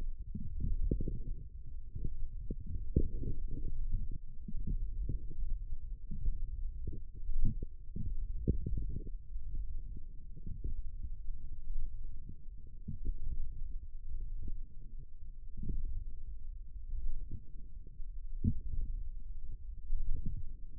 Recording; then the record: forearm muscle sounds (acoustic myography)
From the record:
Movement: forearm pronation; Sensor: system 1, eight BSWA MPA416 microphones around the upper forearm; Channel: 3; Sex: male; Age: 18 years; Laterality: right